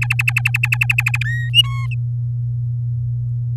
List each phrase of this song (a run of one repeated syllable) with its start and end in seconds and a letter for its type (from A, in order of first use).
0.01-1.18 A, 1.24-1.50 B, 1.54-1.87 C